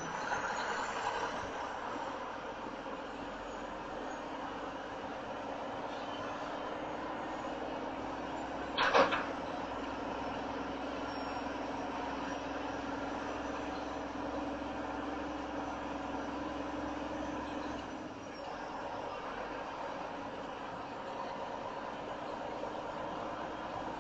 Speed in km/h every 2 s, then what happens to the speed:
5, 5, 6, 8, 8, 8, 8, 8, 10, 8, 10, 11.
0-24 steady at about 8.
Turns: none.